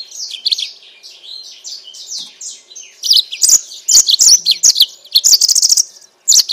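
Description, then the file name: Yellow-fronted canary song, soft high twittering phrases at first, then louder bursts of sweet slurred notes and rapid trills with short gaps. Mozambique singer used as a bird-keepers' training recording for captive birds. "mozambik omkicau"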